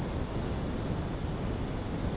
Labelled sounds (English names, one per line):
none